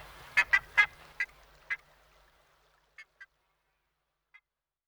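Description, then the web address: Buff-necked ibis giving loud nasal honking calls, five in a fading series, then a few softer calls; otherwise quiet. "darwin 2009. Buff Necked Ibis"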